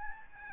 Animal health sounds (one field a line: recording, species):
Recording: mosquito wingbeat signal from an infrared sensor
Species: Aedes albopictus